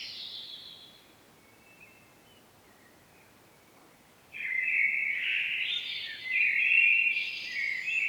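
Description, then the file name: Common blackbird song, with a fading phrase at first, then a quiet stretch before a loud, rich warbled phrase with high squeaky twitters. "Turdus merula"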